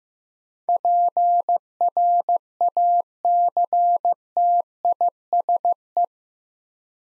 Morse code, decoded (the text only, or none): PRACTISE